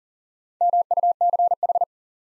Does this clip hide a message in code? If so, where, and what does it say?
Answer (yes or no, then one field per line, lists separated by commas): yes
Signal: Morse code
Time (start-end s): 0.6-1.8 s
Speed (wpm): 40 wpm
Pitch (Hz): 700 Hz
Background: none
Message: MUCH